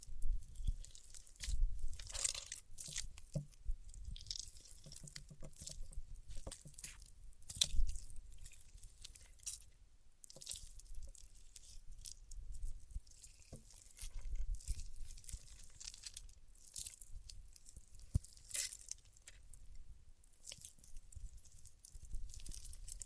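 Paraffin wax being peeled, tapped and scratched in a quiet, irregular stream of small crackling, sticky sounds. Brief bright snaps and ticks stand out every second or two, with sharper clicks near 2, 8, 10, 15 and 18 seconds over a faint low rumble.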